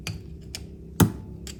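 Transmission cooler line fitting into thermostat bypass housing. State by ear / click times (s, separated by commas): not seated / none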